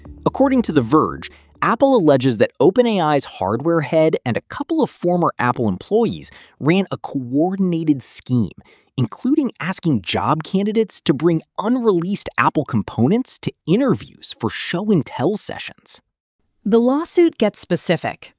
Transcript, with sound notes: According to The Verge, Apple alleges that OpenAI’s hardware head and a couple of former Apple employees ran a coordinated scheme—including asking job candidates to bring unreleased Apple components to interviews for show-and-tell sessions.
[thoughtful] The lawsuit gets specific.